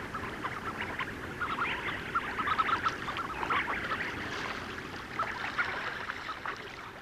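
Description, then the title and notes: Tufted duck flock giving busy overlapping chatter, brief clipped notes crowding together. Flock of tufted ducks in an open lead in sea ice in April. "Tukkasotka. Juha Laaksonen"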